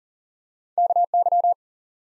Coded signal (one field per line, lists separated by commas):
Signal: Morse code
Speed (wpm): 38 wpm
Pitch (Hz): 700 Hz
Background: none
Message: KY